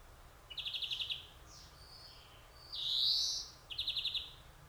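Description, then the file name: European greenfinch giving a fast rattling trill, then a drawn-out nasal buzzy wheeze, then another trill, with faint low background hum. "Chloris chloris"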